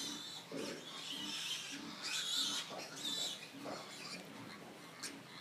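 Pigs squealing: shrill, wavering high squeals with low grunting pulses underneath.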